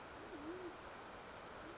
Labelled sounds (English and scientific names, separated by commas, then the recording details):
Band-tailed Pigeon (Patagioenas fasciata)
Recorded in Sonoma County, California